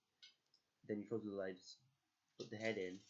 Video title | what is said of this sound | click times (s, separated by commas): Bakugan Collection Showcase. | you would also have to turn the bass people you hear it click then | 0.2 s